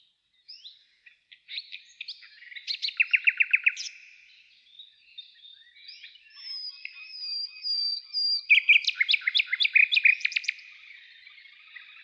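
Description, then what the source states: Nightingale song with a quick rattling run of repeated notes, a quieter passage with a high drawn whistle, then another loud rapid phrase. Nightingale trill.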